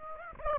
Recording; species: mosquito wingbeat signal from an infrared sensor; Aedes aegypti